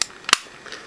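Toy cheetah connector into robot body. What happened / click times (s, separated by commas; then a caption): The plastic connector clicked into place / 0.3 s. A plastic toy cheetah connector is fitted facing down into a toy robot body. A sharp click comes at 0.0 seconds, a second firm click at 0.3 seconds marks it seating, and a faint tick follows at 0.7 seconds. The connector clicks in and is seated.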